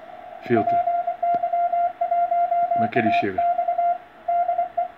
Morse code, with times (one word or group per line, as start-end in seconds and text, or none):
0.6-3.9 PY1AX
4.3-4.8 DE